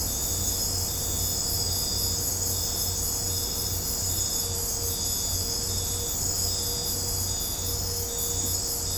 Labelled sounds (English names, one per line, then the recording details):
none
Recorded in dense forest near Puerto Asís, Putumayo, Colombia, on 26 December 2024 at 02:00
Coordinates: 0.503, -76.323
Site G043